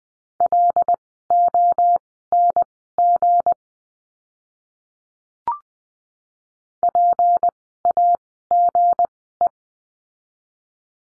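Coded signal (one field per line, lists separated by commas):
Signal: Morse code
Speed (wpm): 20 wpm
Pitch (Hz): 700 Hz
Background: none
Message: LONG PAGE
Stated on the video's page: Morse code course lesson on the letter G, words sent at Farnsworth speed of 20/10 wpm.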